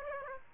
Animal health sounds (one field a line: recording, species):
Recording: mosquito wingbeat signal from an infrared sensor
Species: Aedes aegypti